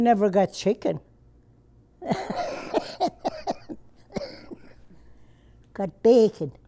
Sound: laughs/Coughs

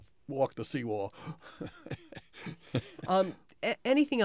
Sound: chuckles

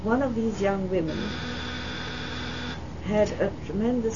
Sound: a buzzing noise is heard in the background on the tape

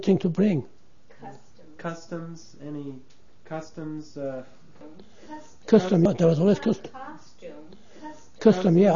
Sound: voice off mike

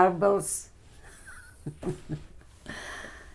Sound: chuckles

